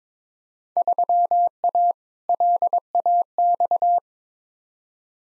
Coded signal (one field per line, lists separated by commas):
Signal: Morse code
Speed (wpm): 22 wpm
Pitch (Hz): 700 Hz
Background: none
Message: 3A LAX